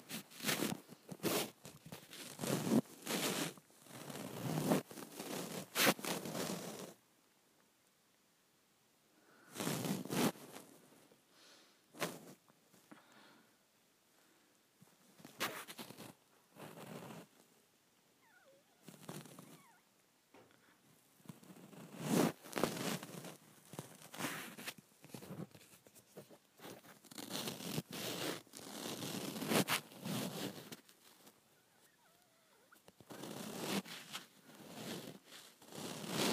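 Someone works lotion out of the bottom of a bottle, with bursts of rapid squelching, rattling shakes and taps. Loud flurries come at the start, around 10 and 22 seconds, and again near 30 seconds, separated by quieter pauses with faint handling.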